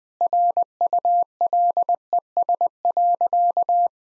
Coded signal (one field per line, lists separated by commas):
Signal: Morse code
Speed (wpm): 21 wpm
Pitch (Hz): 700 Hz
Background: none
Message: RULES.